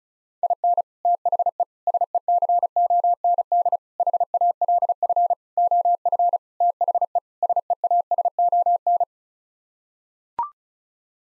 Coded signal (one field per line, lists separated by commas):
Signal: Morse code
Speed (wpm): 36 wpm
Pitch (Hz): 700 Hz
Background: none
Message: IN THE SECOND HALF OF THE SEASON